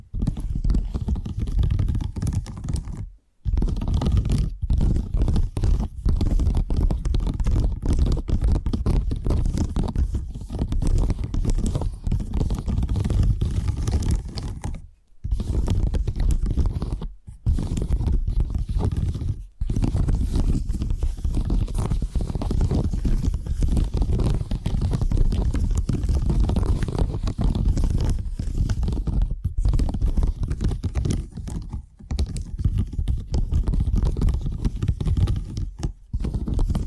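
Tapping triggers in a dense, continuous stream, so quick the taps blur into a rumbling, scratchy texture weighted toward the low end. Short silent gaps break it up, near 3, 15, 17, 19 and 30 seconds, before the tapping resumes at the same steady level.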